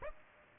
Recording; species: mosquito wingbeat signal from an infrared sensor; Aedes aegypti